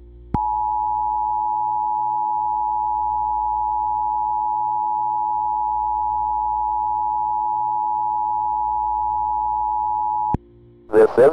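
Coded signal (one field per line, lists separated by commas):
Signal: Emergency Alert System (SAME) tones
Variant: 853 and 960 Hz attention tone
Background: speech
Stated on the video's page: Fictional EAS scenario made for a creator festival, with loud, scary tones.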